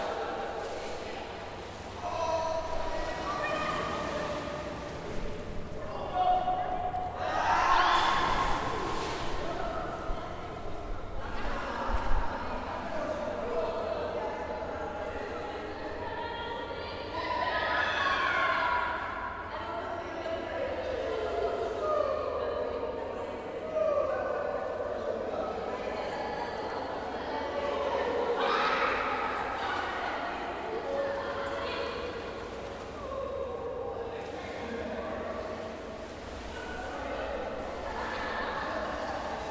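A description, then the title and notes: Sounds of the cave bath: many voices overlap in an echoing space, forming a steady murmur that never drops out. Louder calls or exclamations rise out of it every several seconds, while a low, constant rumble runs underneath. Sounds of The Cave Bath in 2016. The location of recording is Cave Bath, Miskolc-Tapolca, Hungary, Europe.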